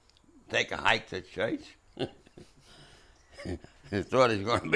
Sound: chuckles

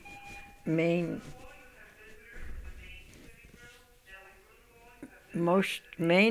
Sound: an announcement being given over the public address system is heard on the tape

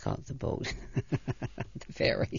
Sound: she laughs

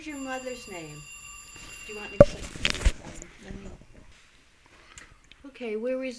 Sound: a telephone rings

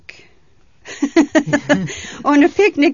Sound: she laughs

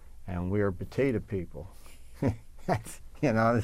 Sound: laughs

